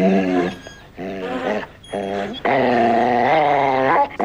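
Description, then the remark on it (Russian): The dog Jerry Lee growls and snarls in several short, strained bursts while holding a man between the legs with its teeth, then lets out one long, loud, rumbling growl with a whiny edge. No one speaks. “ты мог бы отозвать свою собаку?”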